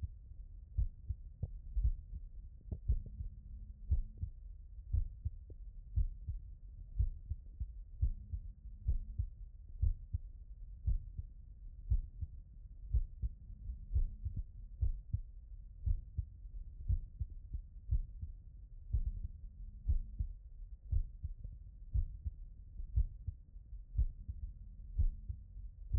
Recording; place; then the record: heart sounds by stethoscope; tricuspid valve (TV)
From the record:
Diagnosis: non-HFrEF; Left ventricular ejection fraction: 64%